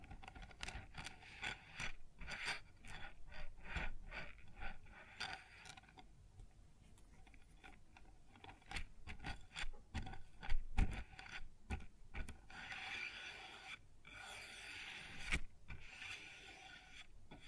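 Sounds on a wooden surface: irregular tapping, scraping and clicking knocks, denser early and late, with a sharp louder hit near eleven seconds.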